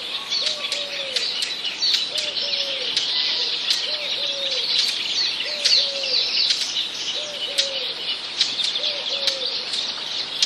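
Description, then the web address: Eurasian collared dove giving a soft, low coo phrase repeated roughly every one and a half to two seconds, with busy high-pitched chirping of other birds behind it. Recorded in a village. "wroblowe kolekcja sierpowkiwewsi"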